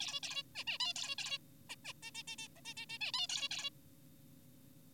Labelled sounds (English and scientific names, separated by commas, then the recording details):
Zebra Finch (Taeniopygia guttata)
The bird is an adult
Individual g4p5U